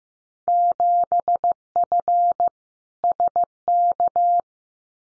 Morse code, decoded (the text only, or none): 7F SK